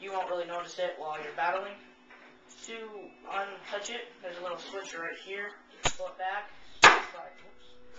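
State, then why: Not seated. Someone talks while handling the folding metal stock of a CYMA .035A airsoft rifle at its receiver hinge, releasing it with a small switch and pulling it back to swing it toward its open position. Two sharp handling knocks are heard near 5.9 s and 6.9 s, the second louder. The clip ends before the stock locks, so nothing has snapped or seated into place yet.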